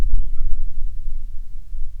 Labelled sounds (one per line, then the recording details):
bird
wind
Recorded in the Prudhoe Bay oil fields, Alaska, on 6 August 2019 at 05:10
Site 22